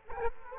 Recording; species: mosquito wingbeat signal from an infrared sensor; Culex quinquefasciatus